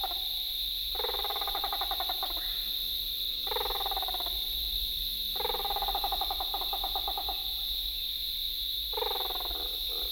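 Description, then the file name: Great blue turaco repeating bubbling, rapidly pulsed bursts of varying length, several in ten seconds, against a constant shrill insect hum. "Great Blue Turaco (Corythaeola cristata)"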